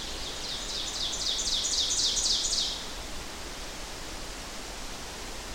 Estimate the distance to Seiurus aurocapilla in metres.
about 20 m